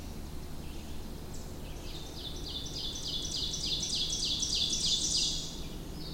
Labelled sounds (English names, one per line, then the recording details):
Ovenbird song
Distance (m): 30 m
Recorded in boreal forest in Alberta, Canada, on 20 June 2016 at 07:26
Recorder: SongMeter 3, array SBT-6-81
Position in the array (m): 180 m, 162 m
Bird 25